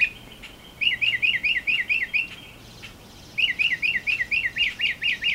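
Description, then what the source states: Northern mockingbird repeating a quick chirping note many times in a fast run, a brief pause, then another rapid series of similar repeated notes. Nominate subspecies Mimus polyglottos polyglottos.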